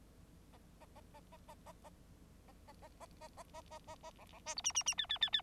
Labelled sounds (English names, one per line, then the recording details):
Bengalese Finch song
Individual Bird9